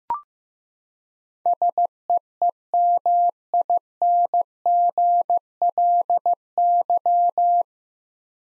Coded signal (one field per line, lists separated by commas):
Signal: Morse code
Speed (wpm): 15 wpm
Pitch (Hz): 700 Hz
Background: none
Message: SEEMINGLY